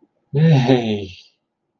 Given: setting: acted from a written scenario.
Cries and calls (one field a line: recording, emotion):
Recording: vocal sound without words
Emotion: elation